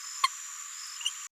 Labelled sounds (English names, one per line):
Green-rumped Parrotlet babbling